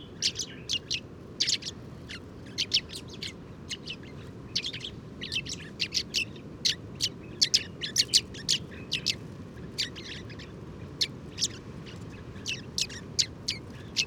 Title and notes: Moineau doré ou Moineau jaune - Mauritanie. 7 mars 2019-Oued Enoicre - Tagant - Mauritanie